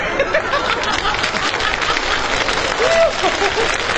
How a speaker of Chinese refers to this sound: 您还给他鼓掌。